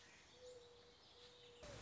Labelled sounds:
Mourning Dove (Zenaida macroura)
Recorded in Sonoma County, California

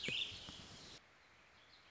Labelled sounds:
Warbling Vireo (Vireo gilvus)
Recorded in Sonoma County, California

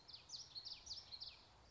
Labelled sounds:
Common Yellowthroat (Geothlypis trichas)
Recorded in Sonoma County, California

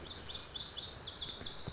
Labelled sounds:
Lazuli Bunting (Passerina amoena)
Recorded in Sonoma County, California

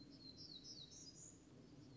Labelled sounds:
Black-throated Gray Warbler (Setophaga nigrescens)
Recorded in Sonoma County, California

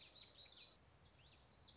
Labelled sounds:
Common Yellowthroat (Geothlypis trichas)
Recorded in Sonoma County, California

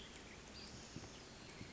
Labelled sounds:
Western Tanager (Piranga ludoviciana)
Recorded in Sonoma County, California

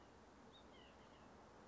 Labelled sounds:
White-breasted Nuthatch (Sitta carolinensis)
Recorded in Sonoma County, California

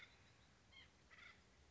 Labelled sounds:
White-breasted Nuthatch (Sitta carolinensis)
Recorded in Sonoma County, California

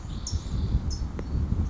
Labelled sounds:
California Towhee (Melozone crissalis)
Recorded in Sonoma County, California

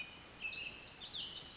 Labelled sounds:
Pacific Wren (Troglodytes pacificus)
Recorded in Sonoma County, California

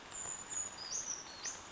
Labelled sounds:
Brown Creeper (Certhia americana)
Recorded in Sonoma County, California

